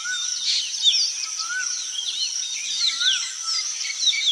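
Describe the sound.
Birds sing in a lively chorus of quick high chirps, with lower, smooth arched whistles repeated several times.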